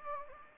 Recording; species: mosquito wingbeat signal from an infrared sensor; Anopheles gambiae